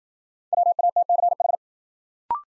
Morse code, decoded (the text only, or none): WATCH